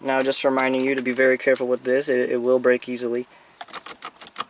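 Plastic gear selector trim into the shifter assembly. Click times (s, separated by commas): 3.6 s, 3.9 s, 4.1 s, 4.4 s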